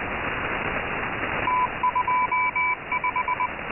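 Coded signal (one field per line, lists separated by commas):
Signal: Morse code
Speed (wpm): 20 wpm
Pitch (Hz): 1000 Hz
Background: radio noise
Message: T25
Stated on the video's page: Scheduled numbers-station message: 3-digit ID, group count, BT separators, and thirty 5-digit groups.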